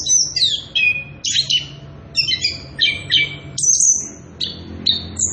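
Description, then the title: Orange-headed thrush song of clear descending whistles and short rich phrases, separated by short gaps. Energetic continuous singing (ngerol) at high volume, used as a lure and training recording for young birds (trotolan). "Anis Kembang Gacor. pancingan anis kembang ngerol edan volume dasyattt cocok buat masteran trotolan"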